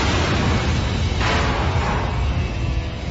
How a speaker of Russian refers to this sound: Раздался последний оглушительный взрыв.